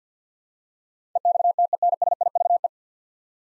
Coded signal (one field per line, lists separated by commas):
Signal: Morse code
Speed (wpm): 50 wpm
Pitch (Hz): 700 Hz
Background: none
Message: EXTENSIVE